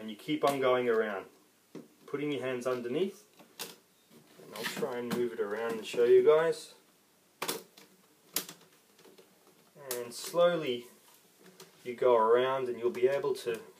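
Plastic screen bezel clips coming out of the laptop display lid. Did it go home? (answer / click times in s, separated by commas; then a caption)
released / 7.4 s, 8.4 s, 9.9 s. Someone talks while working both hands around the edge of the plastic LCD screen bezel on a Dell Inspiron 1525 laptop, pulling it away from the display lid. The hidden plastic bezel clips pop free with sharp clicks at 7.4, 8.4 and 9.9 seconds. The clicks sound like breaking plastic but are the normal, good sound of the clips releasing.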